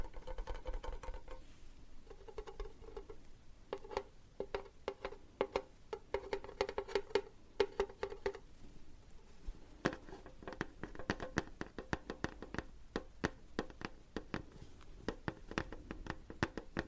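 Tapping runs throughout as a dense, uneven patter of sharp clicks, some louder than others. For roughly the first eight seconds a low steady tone hums beneath the taps, then drops away. After about ten seconds the taps come quicker and brighter.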